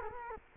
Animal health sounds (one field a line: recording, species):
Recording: mosquito wingbeat signal from an infrared sensor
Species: Culex quinquefasciatus